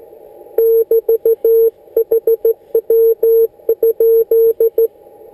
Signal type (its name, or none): Morse code